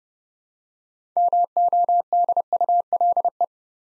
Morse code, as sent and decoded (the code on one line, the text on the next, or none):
-- --- -.. ..- .-.. .
MODULE